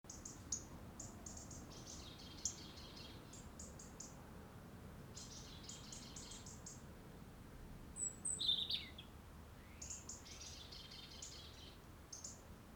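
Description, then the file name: European robin singing thin, high warbled phrases with short trills, separated by brief pauses, one sharper burst in the later part, over steady faint background hiss. "Erithacus rubecula"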